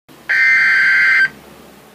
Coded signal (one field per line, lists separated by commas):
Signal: Emergency Alert System (SAME) tones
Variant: header bursts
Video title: EAS #18: Severe Thunderstorm Warning - June 28, 2013 1:24 PM